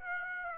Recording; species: mosquito wingbeat signal from an infrared sensor; Aedes aegypti